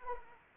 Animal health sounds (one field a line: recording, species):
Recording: mosquito wingbeat signal from an infrared sensor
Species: Anopheles arabiensis